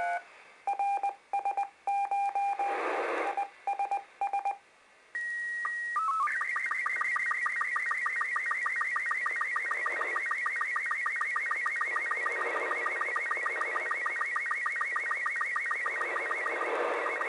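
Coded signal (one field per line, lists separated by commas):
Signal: SSTV (slow-scan television)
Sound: brief beeps, a rising header tone, then steady warbling scan with rapid regular ticks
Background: radio static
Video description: I did hear this SSTV from NA1SS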